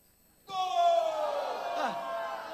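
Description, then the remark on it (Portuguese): A group of people suddenly shouts "golo" (goal) together in one loud, drawn-out cry that holds for about two seconds while the pitch slowly slides downward, as if their football team had just scored. “Vamos lá gritar todos golo.”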